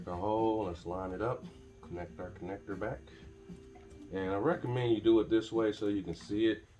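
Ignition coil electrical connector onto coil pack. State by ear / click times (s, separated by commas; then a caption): not seated / none. Someone talks while lining up and reconnecting the plastic electrical connector onto the ignition coil pack of a 2009–15 Honda Pilot EX-L 3.5L during a spark plug tune-up, with music playing underneath. The connector has not yet seated or clicked in by the end of the clip.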